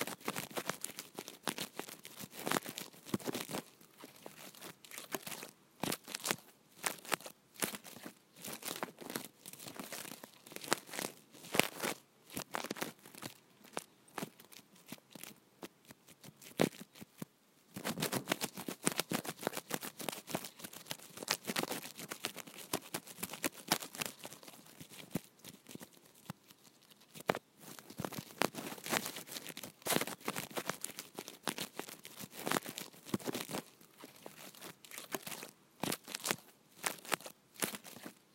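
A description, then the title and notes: Small sprigs of asparagus fern are scraped hard and fast against a microphone, making a dense, close, crackling rustle. Sharp bright scratches come in rapid clusters throughout, with brief easings near 6, 17 and 27 seconds, and almost no low rumble underneath. Scratching fern against phone mic. Aggressively scratching small cut-offs of the asparagus fern plant (asparagus plumosus) against my phone mic. (30 second audio looped).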